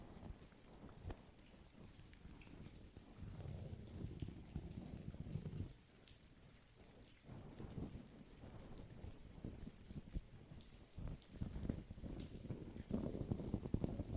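Rain falls in a dense, uneven patter with heavy low rumbling gusts that swell and fade, dropping briefly quiet around six and seven seconds. Sharp drips and taps punctuate it throughout, growing thicker and louder near the end.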